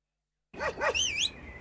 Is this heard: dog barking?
yes